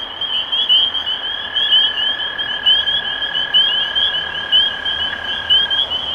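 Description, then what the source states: Spring peepers peeping in a thick overlapping chorus, bright rising notes throughout, with a sustained lower trill across most. Recorded 23 March 2012.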